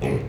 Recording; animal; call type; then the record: contact call of a hoofed animal; pig; closed-mouth grunt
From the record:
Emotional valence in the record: negative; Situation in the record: short social isolation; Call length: 0.29 s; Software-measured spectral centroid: 1670 Hz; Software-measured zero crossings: 900 a second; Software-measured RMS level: -24 dBFS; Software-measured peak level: -12 dBFS